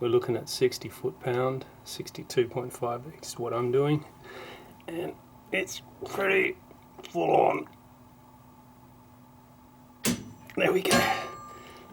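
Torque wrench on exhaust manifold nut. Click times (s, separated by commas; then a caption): 10.1 s. A torque wrench set to about 62.5 ft-lb tightens an exhaust manifold nut on a 1985 Ferrari Mondial QV while someone talks. The wrench gives one sharp click at 10.1 s when it reaches the setting, confirming the nut is torqued.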